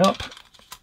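Someone talks while handling a screwless polycarbonate snap-on front cover plate, lining it up the right way up to press onto the body of a wall light switch, with a brief sharp handling sound near 0.7 s. Nothing has seated or clicked yet; the plate is still being handled and not yet home.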